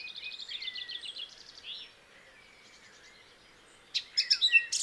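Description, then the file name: Eurasian blackcap warbling: soft, rapid chattering notes for two seconds, a quiet gap, then a loud burst of sharp, jumbled twittering phrases. "Sylvia atricapilla"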